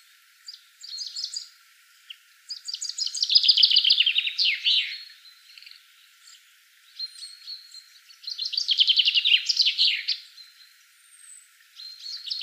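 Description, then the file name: Common chaffinch singing two full phrases of rapid descending notes separated by pauses, with parts of further phrases at the start and end. "Fringilla coelebs"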